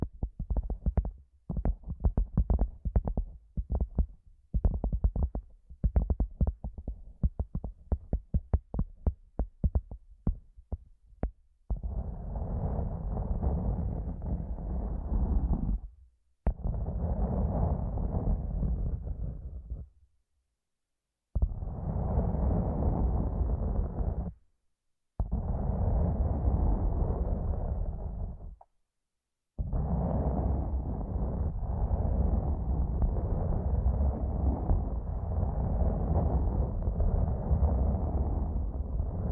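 Headphone-mic ASMR massage triggers: the first eleven seconds are quick, irregular taps and clicks with a deep thump to each. Then come long, muffled, rumbling rubbing passages, dull and bass-heavy, broken by short silences around 20, 25 and 29 seconds.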